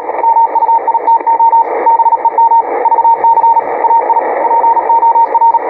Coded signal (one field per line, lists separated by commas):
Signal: Morse code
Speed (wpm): 36 wpm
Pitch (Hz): 920 Hz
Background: radio noise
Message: MUITO BEM VC AI POR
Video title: QSO em CW.